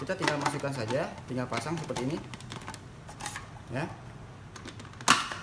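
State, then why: Seated. A plastic lid is fitted onto a mini slow juicer body over the squeezing screw and turned or pushed until it locks. Someone talks during the first part, followed by small handling taps and knocks. A sharp, loud click at 5.1 s shows the lid has clicked into place and is properly fitted.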